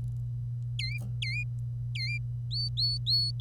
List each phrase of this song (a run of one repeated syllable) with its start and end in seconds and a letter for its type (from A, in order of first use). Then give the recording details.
0.79-1.43 A, 1.95-2.18 A, 2.51-3.40 B. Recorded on 25 April 2018 at 09:33. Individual llb3